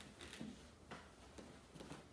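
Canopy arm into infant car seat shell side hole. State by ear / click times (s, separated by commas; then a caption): not seated / none. A canopy arm is lined up and pushed down toward the side hole on the second side of a plastic Nuna Pipa infant car seat shell during reassembly after its fabric was washed. Soft plastic handling knocks and rustles come in short bursts over about 2 seconds. Nothing has seated or clicked yet.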